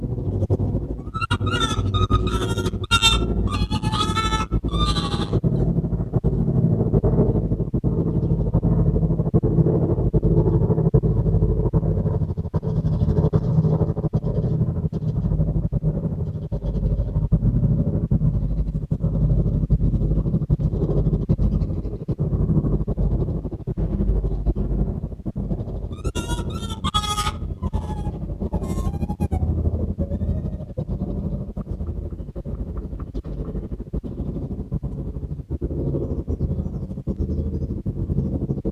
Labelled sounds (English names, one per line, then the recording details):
Arctic Fox
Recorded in captivity
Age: adult
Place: Zoologisches Institut der HUB, Berlin, DE
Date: 1957-04-08 13:30
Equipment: Elmetra
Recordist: Tembrock, Günter